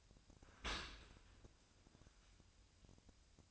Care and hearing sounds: daily activity, microphone in the room; open dishwasher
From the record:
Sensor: 2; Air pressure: 1003.0 hPa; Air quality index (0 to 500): 198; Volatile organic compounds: 6 ppm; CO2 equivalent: 1877 ppm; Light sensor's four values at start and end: 15/36/15/17 and 15/35/15/16

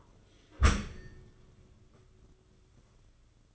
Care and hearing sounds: daily activity, microphone in the room; close dishwasher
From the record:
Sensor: 4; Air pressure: 995.3 hPa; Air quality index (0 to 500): 213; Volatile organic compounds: 246 ppm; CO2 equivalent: 4351 ppm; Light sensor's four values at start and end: 37/116/44/49 and 37/116/44/49

